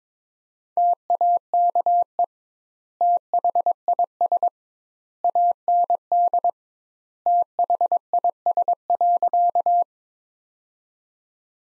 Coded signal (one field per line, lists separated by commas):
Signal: Morse code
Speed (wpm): 22 wpm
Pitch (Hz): 700 Hz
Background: none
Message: TAKE THIS AND THIS.